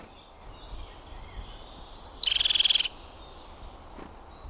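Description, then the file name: Crested tit gives one sharp high note run straight into a rapid, buzzy rattling trill; a faint second high note follows. "Cincia Dal Ciuffo"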